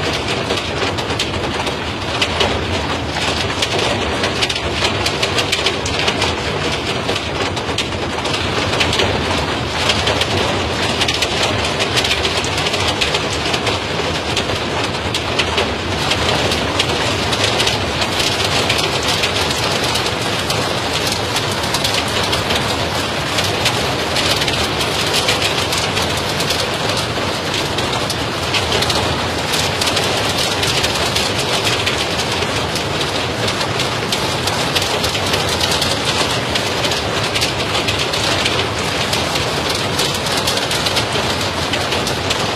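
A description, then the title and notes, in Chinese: Rain patters steadily and densely throughout, a constant hiss of drops on a surface with a faint low rumble underneath and no pauses. 自然的声音：雨滴拍打声。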